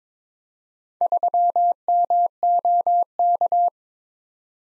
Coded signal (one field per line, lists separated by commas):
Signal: Morse code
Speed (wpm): 22 wpm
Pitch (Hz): 700 Hz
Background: none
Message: 3MOK